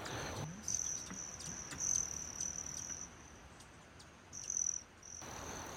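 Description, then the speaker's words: Broad-tailed Hummingbird wing whistle, a high, thin metallic tone running steadily throughout, louder in a few short bursts, over a background hiss. Flying birds all around a mountain cabin; cowbell-like sound, a whistle made by the notch between the outer 10th and the 9th primary wing feathers. "You're hearing all around us the cowbell sound of the flying broad-tailed hummingbird."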